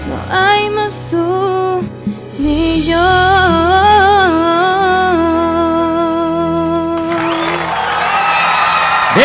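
A voice sings a long, wavering note with vibrato, and near the end an audience bursts into loud applause and cheering that swells over the fading song, at a preview of the stage play High School in Callao, Peru.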